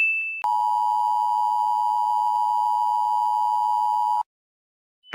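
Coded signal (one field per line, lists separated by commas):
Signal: Emergency Alert System (SAME) tones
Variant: 853 and 960 Hz attention tone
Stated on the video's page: Fictional simulated emergency alert scenario.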